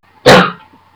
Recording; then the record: coughing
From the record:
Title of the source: Barking cough - # 10